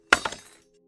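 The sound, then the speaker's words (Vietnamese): A flashlight thrown hard clinks against a stone door: one sharp, bright impact followed by two quicker, softer bounces, its ringing tone fading within half a second. No voices are heard. “Cái đèn pin chạm vào cửa đá, phát ra một tiếng leng keng.”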